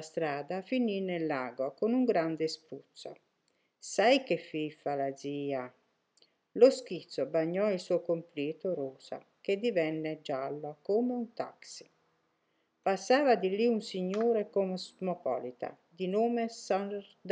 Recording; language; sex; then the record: read passage; Italian; female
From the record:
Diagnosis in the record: healthy control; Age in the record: 63 years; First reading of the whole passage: 70 s, 6.7 characters per second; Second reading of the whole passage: 71 s, 6.6 characters per second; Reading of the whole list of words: 45 s, 6.3 characters per second